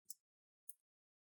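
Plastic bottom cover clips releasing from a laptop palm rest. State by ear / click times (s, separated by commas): released / 0.1 s, 0.7 s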